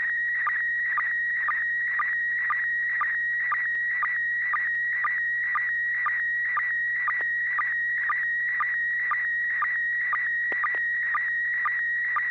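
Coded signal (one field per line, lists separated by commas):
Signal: SSTV (slow-scan television)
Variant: PD120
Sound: warbling tone near 1.9 kHz with regular short lower blips twice a second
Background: low hum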